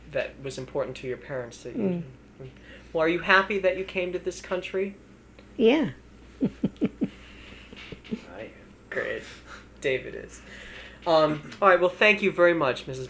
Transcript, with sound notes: was important to your parents that you do.
Uh-huh.
Well, are you happy that you came to this country?
Yeah. ( she laughs, her grandson David nods in agreement)
David is. All right. Well, thank you very much, Mrs.